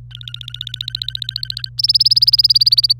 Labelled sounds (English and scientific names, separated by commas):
Domestic Canary (Serinus canaria) song